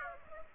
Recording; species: mosquito wingbeat signal from an infrared sensor; Aedes aegypti